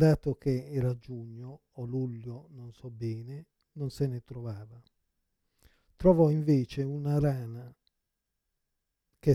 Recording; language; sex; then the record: read passage; Italian; male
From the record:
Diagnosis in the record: Parkinson's disease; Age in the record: 56 years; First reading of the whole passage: 87 s, 6.0 characters per second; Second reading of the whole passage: 67 s, 7.8 characters per second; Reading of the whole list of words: 59 s, 4.8 characters per second